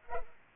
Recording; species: mosquito wingbeat signal from an infrared sensor; Culex pipiens